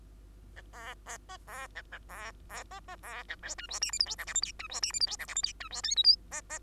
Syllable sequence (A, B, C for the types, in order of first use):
A B B C B A A B B C C B A D E F G H I J K L M N E F G H I J K L M N E F O P Q C C